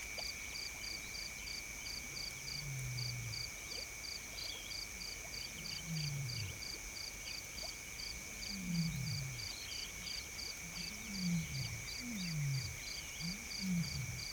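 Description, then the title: Hippopotamus low grunting calls, each note sliding downward, repeated several times over a constant insect drone and steady pulsed high chirping. Several hippos at a water hole. "George Vlad Hippos at water hole"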